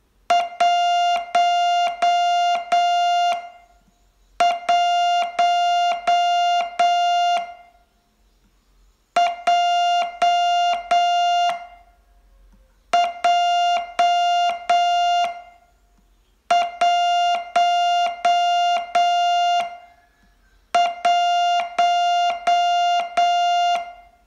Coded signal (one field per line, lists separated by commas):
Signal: Morse code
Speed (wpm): 8 wpm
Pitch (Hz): 700 Hz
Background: music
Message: 11 J J 1 1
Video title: Learn Morse in 42 Days from VU2LAU - day 21